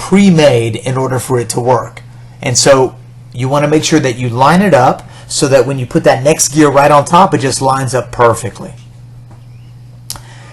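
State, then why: Seated. While someone talks, an upper gear is lined up with the notched gear below it and pushed down inside the gearbox of a KitchenAid Professional 550HD stand mixer during a main gear repair. It seats with a single sharp snap at 10.1 s, and the gear is in place.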